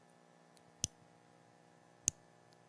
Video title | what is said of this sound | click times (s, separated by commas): Time To Buy Luxury Items?? | See, I can just click it in, just push it in one at a time. | 0.8 s, 2.1 s